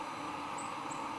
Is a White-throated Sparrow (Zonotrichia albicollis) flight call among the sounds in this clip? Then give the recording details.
no. No flight call is heard. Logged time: 10:43 on 23 September 2014